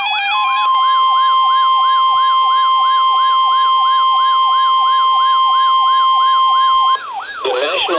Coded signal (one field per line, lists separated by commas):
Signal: Emergency Alert System (SAME) tones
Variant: 1050 Hz attention tone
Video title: Special Marine Warning #2 - 06/05/16 (EAS #1,093)